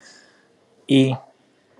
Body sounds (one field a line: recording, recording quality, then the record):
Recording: sustained vowel as in beet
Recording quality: excellent, no background noise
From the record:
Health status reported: COVID-19 positive, no symptoms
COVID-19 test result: positive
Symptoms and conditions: none ticked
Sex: male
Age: 30 years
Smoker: not ticked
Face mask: not worn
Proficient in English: yes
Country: India